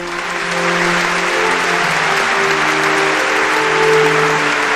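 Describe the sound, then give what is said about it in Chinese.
Loud, sustained applause from a large audience of scientists at the 1978 National Science Conference in Beijing as Guo Moruo speaks of the spring of science, a dense steady roar of clapping hands that holds strong throughout with a faint low tonal hum beneath it. “当我们的这个郭沫若先生在上面说这是我们这个科学的春天的到来的时候，底下雷鸣般的掌声，然后那些科学家的眼睛里饱含热泪，眼眶通红。”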